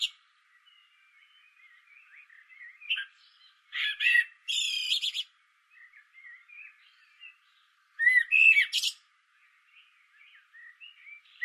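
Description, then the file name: Common blackbird song, brief melodic notes and harsh high twitters in bursts, with quiet soft notes between. "Turdus merula"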